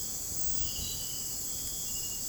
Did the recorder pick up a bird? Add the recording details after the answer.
no. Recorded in dense forest near Puerto Asís, Putumayo, Colombia, on 29 June 2025 at 03:00. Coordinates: 0.503, -76.323. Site G059